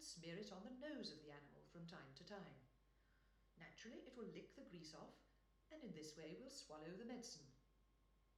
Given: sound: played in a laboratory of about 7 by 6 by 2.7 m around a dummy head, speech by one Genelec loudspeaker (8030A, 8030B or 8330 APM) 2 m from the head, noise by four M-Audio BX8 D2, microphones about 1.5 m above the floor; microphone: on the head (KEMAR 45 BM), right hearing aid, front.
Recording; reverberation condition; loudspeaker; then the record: female speech in English; medium; 90 degrees to the right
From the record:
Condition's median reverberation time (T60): about 510 ms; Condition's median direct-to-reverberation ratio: about -0.5 dB